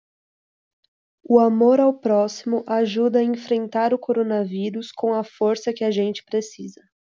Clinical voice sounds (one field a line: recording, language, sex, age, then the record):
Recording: spoken sentence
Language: Brazilian Portuguese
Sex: female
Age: 20 to 29 years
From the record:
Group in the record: control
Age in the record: 20 years